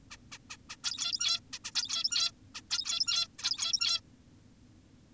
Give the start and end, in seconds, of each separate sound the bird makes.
0.11-0.17, 0.32-0.38, 0.50-0.57, 0.70-0.76, 0.84-1.40, 1.53-1.59, 1.64-1.72, 1.76-2.32, 2.55-2.62, 2.71-3.28, 3.39-4.01